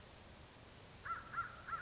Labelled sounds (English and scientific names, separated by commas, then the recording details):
American Crow (Corvus brachyrhynchos)
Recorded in Sonoma County, California